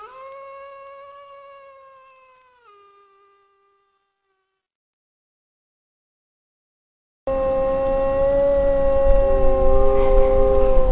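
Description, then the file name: Wolf giving a long steady howl that steps down and fades, then after silence several wolves howl together over low rumbling noise. "Wolf Howling Compilation"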